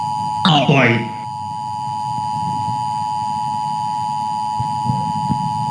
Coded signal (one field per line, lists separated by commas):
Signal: Emergency Alert System (SAME) tones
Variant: 853 and 960 Hz attention tone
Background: speech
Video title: Wario watching EAS Broadcast